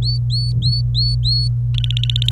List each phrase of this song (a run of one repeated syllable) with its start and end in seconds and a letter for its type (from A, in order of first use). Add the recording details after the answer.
0.02-1.48 A, 1.75-2.31 B. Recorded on 26 April 2018 at 12:10. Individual llb3